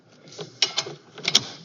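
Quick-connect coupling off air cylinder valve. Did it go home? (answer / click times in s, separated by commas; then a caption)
released / 1.4 s. An SCBA quick-connect coupling is given a quarter turn to the left and pulled back off the air cylinder valve. A series of sharp mechanical clicks and rattles is heard, and the coupling pops off with the loudest snap at 1.4 s, leaving it released.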